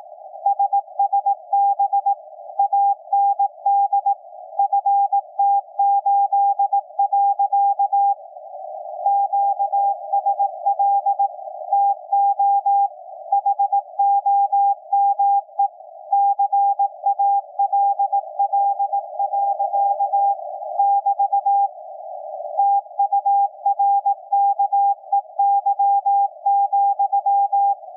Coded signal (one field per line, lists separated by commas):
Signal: Morse code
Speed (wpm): 18 wpm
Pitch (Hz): 800 Hz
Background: none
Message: SSB AND FT8. QSL TO HOME CALL. <BT> TURKEY,